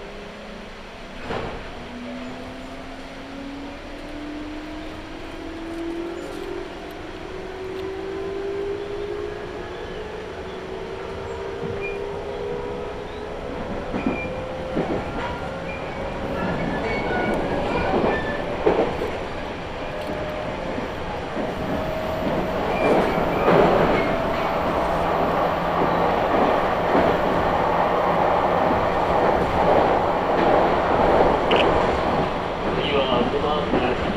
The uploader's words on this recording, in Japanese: 伊豆箱根鉄道 大場→三島 東海道本線 三島→沼津。大場までくると日が西に傾きはじめて予想以上に冷えてきました。最初に乗った電車が三島から入線してきて行き違いをします。